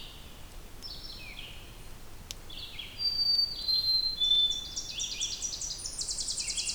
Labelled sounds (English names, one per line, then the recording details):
Red-eyed Vireo song
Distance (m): 60 m
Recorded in boreal forest in Alberta, Canada, on 2 June 2016 at 08:00
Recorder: SongMeter 3, array SBT-3-7
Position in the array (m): 106 m, 124 m